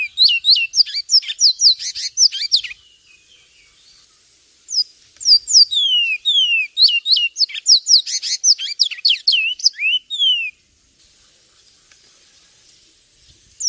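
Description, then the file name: Javan tesia singing a hurried jumble of sharp high notes and falling slurred whistles in two long phrases, separated by a pause. "suara burung twatwa omkicau"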